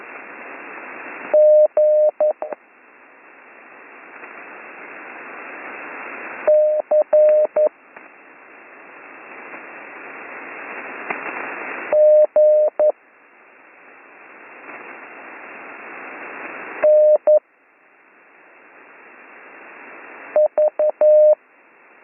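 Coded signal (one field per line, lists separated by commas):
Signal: Morse code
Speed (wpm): 11 wpm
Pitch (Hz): 610 Hz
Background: none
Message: G C G N V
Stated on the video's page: Slow Morse code course for learners, week 4 lesson.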